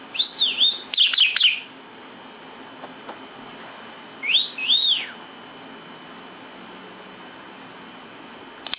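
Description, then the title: Lovebird chirping: two bursts of high, arched, squeaky chirps, the first of several notes, the second a pair after a long pause. National champion lovebird with full fill-in song, singing persistently ('full isian gacor'). "Burung Lovebird Juara Nasional Full Isian Gacor"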